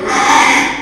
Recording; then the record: squeal of a Yucatan mini pig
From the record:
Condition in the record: after surgery on the right vocal fold (resection and tissue-engineered implant); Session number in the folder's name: 3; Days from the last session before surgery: 33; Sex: male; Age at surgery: 12 weeks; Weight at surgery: 13 kg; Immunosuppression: cyclosporine, prednisolone